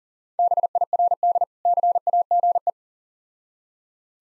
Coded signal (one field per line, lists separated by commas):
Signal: Morse code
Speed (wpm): 37 wpm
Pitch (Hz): 700 Hz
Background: none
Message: BIRD CAGE